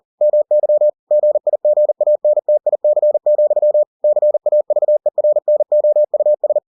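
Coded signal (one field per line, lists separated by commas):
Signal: Morse code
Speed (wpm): 40 wpm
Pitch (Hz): 600 Hz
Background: none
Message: MY GIGANTIC, CAVERNOUS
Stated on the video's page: Book text converted to Morse by software at 40 WPM for head-copy practice.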